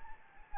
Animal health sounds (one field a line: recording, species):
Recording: mosquito wingbeat signal from an infrared sensor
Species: Anopheles gambiae